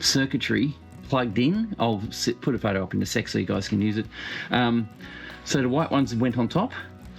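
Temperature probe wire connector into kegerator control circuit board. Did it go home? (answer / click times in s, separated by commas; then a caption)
no / none. While reconnecting the wiring harness to a Keg King kegerator's control circuit board, someone handles a plastic wire connector, likely the temperature probe lead, to push onto its header. Someone talks throughout, with music possibly underneath. The clip ends before the connector goes home, so nothing has seated or clicked yet.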